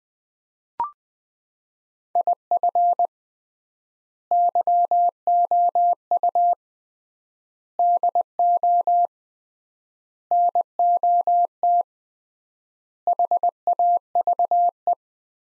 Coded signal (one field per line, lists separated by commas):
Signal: Morse code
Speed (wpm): 20 wpm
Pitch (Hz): 700 Hz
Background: none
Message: IF YOU DO NOT HAVE